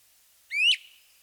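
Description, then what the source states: Great Crested Flycatcher giving a single clear, sharply ascending whistled weep, short and rich in overtones, in otherwise quiet surroundings. Characteristic ascending whistled weep call, frequently repeated.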